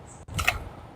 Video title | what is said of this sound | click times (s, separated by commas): HOW TO REPLACE STARTER ROPE IN A HONDA GX160 | comes back up snaps right in place that's perfect we'll reinstall it | 0.4 s, 0.5 s